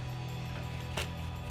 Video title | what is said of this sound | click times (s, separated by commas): 2007-2013 Silverado 1500 G5 LED Tail Lights; Black Housing Review & Install | click, and we're all good down | 1.0 s